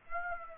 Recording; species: mosquito wingbeat signal from an infrared sensor; Aedes aegypti